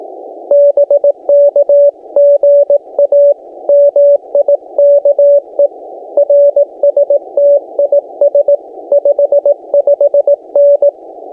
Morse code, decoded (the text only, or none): BK GA MIKE RST IS 55N